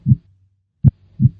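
Low dull thumps of an adult heartbeat, one sound stronger and the other softer: the normal first and second heart sounds.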